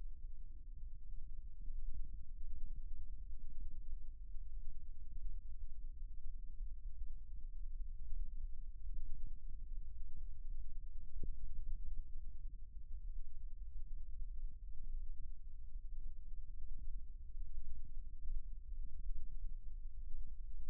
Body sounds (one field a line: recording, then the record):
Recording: forearm muscle sounds (acoustic myography)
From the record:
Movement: rest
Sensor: system 1, eight BSWA MPA416 microphones around the upper forearm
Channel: 8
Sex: male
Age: 18 years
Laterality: right